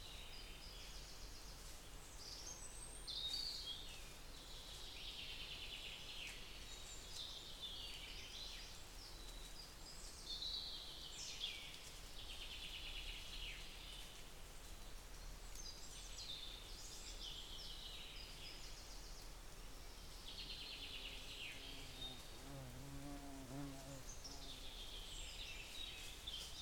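Birds sing through a beech forest, with repeated bright chirps and trills coming every few seconds over a steady, soft hiss. Near the end, around twenty-two seconds, a low humming tone rises and falls briefly beneath the birdsong.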